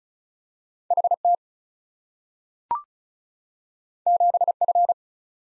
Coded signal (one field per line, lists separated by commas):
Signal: Morse code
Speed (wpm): 36 wpm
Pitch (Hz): 700 Hz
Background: none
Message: H T 7 F